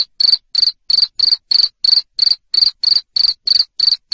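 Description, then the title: Cricket chirping: loud, shrill chirps at an even pace, each a quick trill, with clean silence between them. Loud cricket chirping played to make lovebirds sing continuously. "Suara JANGKRIK NGERIK Keras Bikin LOVEBIRD Jadi NGEKEK Terus Vubey"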